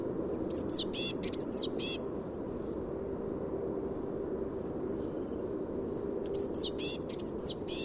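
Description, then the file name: Eurasian blue tit calls: two bursts of high, rapid, scratchy descending notes over low background noise. "Cyanistes caeruleus"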